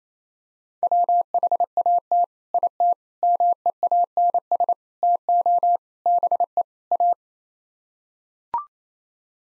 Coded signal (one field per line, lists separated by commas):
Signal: Morse code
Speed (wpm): 28 wpm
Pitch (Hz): 700 Hz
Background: none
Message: WHAT IT MEANS TO BE A